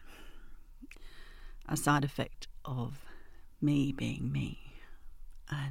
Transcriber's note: australian accent